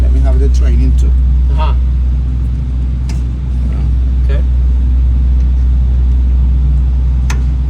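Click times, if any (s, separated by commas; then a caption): 7.3 s. A wire connector is pushed onto a flame sensor terminal over a steady low hum while someone talks. One sharp click at 7.3 s shows the connector has seated fully.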